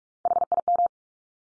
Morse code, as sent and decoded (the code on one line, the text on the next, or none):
.... .. --
HIM